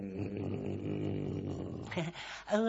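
A huge wolfhound dog in a neighbouring yard growls in a deep, steady rumble for about two seconds, then breaks into a couple of short, sharper snarls.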